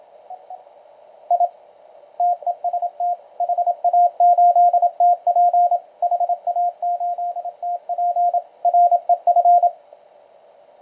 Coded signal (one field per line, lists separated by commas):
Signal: Morse code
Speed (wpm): 27 wpm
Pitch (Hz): 700 Hz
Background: radio noise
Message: I TEST HA8TP HA8TP REF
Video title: Elecraft K1 CW Qrp Transceiver Kit, Operating on 15 meters